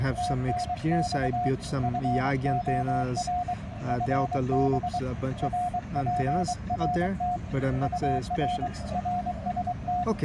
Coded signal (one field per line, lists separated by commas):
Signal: Morse code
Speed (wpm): 23 wpm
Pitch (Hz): 690 Hz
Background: speech, radio noise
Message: TNX FOR FB RPRT UR RST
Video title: Sharing some QRM knowledge #hamradio